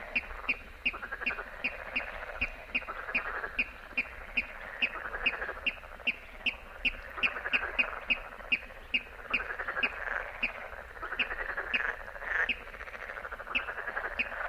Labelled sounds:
Water Rail
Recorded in the wild
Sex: male
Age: adult
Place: Warsow, Kummerower See, Mecklenburg-Vorpommern, DE
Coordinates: 53.8375, 12.8506
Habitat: wetland
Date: 2009-06-15 23:33
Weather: heiter, schwacher Wind aus West, ca. 15 °C
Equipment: Sound Devices 702, Sennheiser MKH 70, Popschutz
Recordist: Frommolt, Karl-Heinz

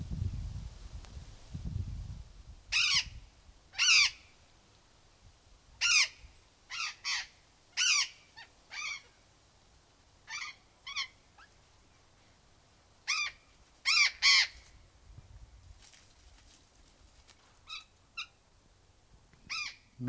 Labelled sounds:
Burrowing Parrot call
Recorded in captivity
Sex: group
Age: adult
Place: Tierpark Berlin, Berlin, DE
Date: 2002-09-16 15:07
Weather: bedeckt (Wolken wechselnd), ca. 16 - 17°C
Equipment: Nagra SN, Kopie Uher 4000 Report Monitor
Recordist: Tembrock, Günter
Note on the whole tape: Gruppe: Kurzlaute

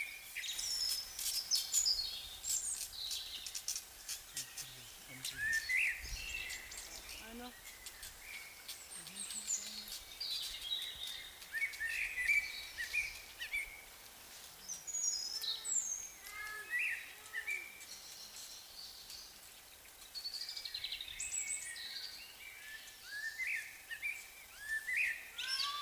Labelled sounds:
Eurasian Wren song
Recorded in the wild
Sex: male
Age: adult
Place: Lübars (Fließtal), Berlin, DE
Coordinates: 52.6167, 13.35
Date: 1999-04-10 17:36
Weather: overcast, 16°C
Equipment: Sony MD-WM MZ-R3, Sennheiser MKH 416 T, Kopie Uher 4000 Report Monitor
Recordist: Tembrock, Günter

